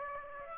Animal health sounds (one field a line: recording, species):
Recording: mosquito wingbeat signal from an infrared sensor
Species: Aedes aegypti